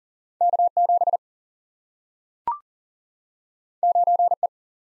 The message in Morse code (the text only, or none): K7 9E